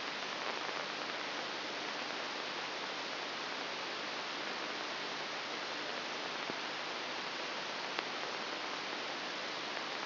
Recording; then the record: brain microelectrode recording played as sound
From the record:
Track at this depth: inside the subthalamic nucleus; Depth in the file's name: 1.207 mm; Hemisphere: right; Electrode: 3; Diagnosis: Parkinson's disease